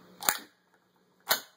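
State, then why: Seated. The charging handle of a WE full metal M4 AEG airsoft rifle is pulled, and the bolt catch in the receiver engages and locks the bolt back with a sharp metallic snap at 0.3 s. A second similar snap follows at 1.3 s. The bolt catch seats and holds the bolt.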